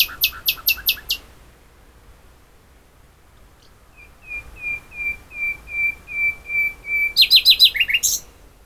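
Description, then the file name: Common nightingale song: a rapid trill, a pause, then a series of whistles growing louder, ending in fast, chattering notes. "Luscinia megarhynchos"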